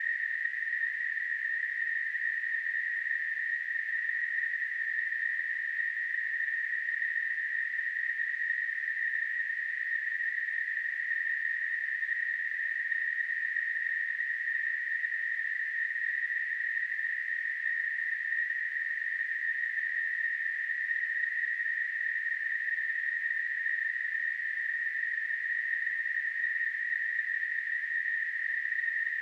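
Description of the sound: Simulated tinnitus: a continuous, steady band of hissing noise centred near 2 kHz, with unchanging loudness throughout.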